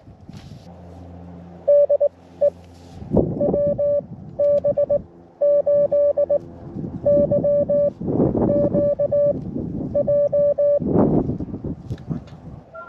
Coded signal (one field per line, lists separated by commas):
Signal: Morse code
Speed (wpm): 19 wpm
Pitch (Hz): 560 Hz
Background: none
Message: DE WB8YQJ